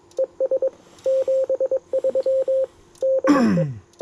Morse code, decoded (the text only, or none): ES 73 DE